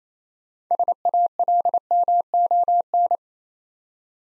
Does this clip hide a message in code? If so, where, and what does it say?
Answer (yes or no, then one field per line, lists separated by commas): yes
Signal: Morse code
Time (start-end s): 0.7-3.2 s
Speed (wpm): 29 wpm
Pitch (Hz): 700 Hz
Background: none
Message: SALMON